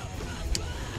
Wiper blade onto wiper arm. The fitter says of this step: okay there it goes i definitely heard it